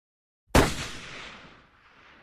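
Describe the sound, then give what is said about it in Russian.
A single sharp gunshot at a wild animal by a salt lick in a forest cracks out of silence, then rolls away through deep valleys in a long, fading rumble of echoes that dies down over about two seconds. “Выстрел пророкотал и замолк в глубоких падях.”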